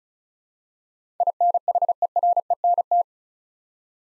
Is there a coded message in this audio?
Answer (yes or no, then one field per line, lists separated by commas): yes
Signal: Morse code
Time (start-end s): 1.2-3.0 s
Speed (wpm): 36 wpm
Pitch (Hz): 700 Hz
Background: none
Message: INHERENT